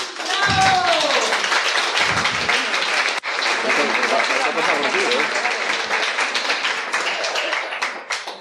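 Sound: audience applause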